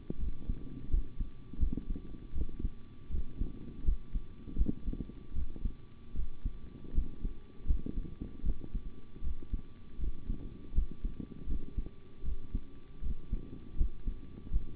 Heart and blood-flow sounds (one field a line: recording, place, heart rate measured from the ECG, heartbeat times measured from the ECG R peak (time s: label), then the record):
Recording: heart sounds by stethoscope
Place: between the tricuspid and mitral areas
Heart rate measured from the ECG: 80 bpm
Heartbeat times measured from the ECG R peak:
0.18 s: heartbeat
0.89 s: heartbeat
1.58 s: heartbeat
2.33 s: heartbeat
3.09 s: heartbeat
3.83 s: heartbeat
4.56 s: heartbeat
5.33 s: heartbeat
6.14 s: heartbeat
6.93 s: heartbeat
7.66 s: heartbeat
8.43 s: heartbeat
9.22 s: heartbeat
9.98 s: heartbeat
10.73 s: heartbeat
11.46 s: heartbeat
12.23 s: heartbeat
13.01 s: heartbeat
13.76 s: heartbeat
14.51 s: heartbeat
From the record:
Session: rest, sitting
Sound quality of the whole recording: good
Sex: male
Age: 25 years